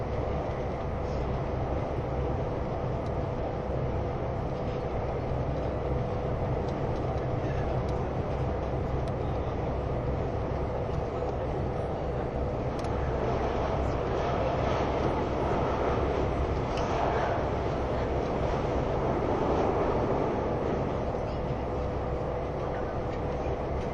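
Running sound of an ICN tilting train, the RABDe 500, on the Gotthard line. A steady, dense low rumble and rolling roar holds throughout, with fine rapid rattling on top and a faint steady whine. Around seventeen to twenty seconds the sound swells briefly brighter.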